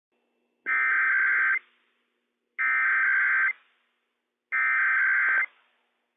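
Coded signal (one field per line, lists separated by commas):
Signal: Emergency Alert System (SAME) tones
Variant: header bursts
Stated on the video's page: Required Weekly Test issued by the Washington State EOC for all of Washington State.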